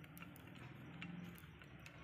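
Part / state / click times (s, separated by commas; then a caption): tripod leg/column extension lock on the tripod / seated / 1.0 s. The extension lock on a tripod leg/column snaps shut after the extended section has been pulled out to full length. Over a low background hum and several faint ticks, a sharp click at 1.0 s marks the lock closing, and the section is locked.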